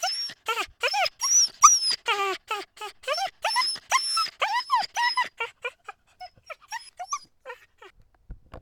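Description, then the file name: Dogs give rapid high yelps, dense and loud at first, then thinning into fainter, spaced cries toward the end. More than one dog yelping. "freesound Dogs Yelping"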